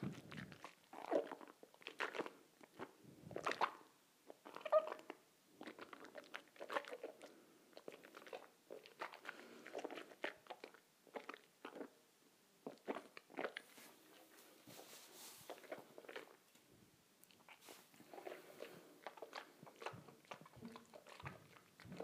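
Water swishes around in a mouth in quick, wet bursts, each a short burst of sloshing and gurgling with brief pauses between. The rhythm is irregular but steady throughout, with a few sharper clicks and a thin hissy spray in the second half.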